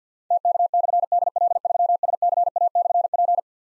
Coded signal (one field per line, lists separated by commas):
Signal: Morse code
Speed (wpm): 46 wpm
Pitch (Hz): 700 Hz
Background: none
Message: TK/DL3SCA/P